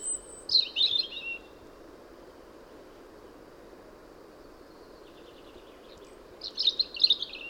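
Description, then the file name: European robin: a brief sparkling phrase of high trilled notes, about five seconds of quiet hiss, then a faint thin phrase followed by a louder tinkling warble. "Erithacus rubecula"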